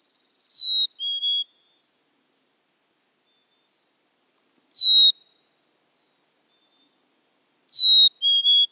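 Black-capped chickadee singing pure whistled phrases, a higher note dropping to a lower one, three phrases with long pauses between, the middle one only the higher note.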